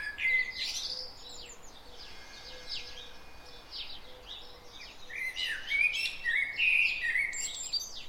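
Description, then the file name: Common blackbird warbling in fluty phrases at the start and end, with a steady series of low soft notes and high chirps. "Turdus merula"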